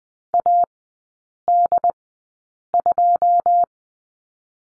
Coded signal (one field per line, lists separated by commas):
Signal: Morse code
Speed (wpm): 20 wpm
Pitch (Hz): 700 Hz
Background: none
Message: A D 2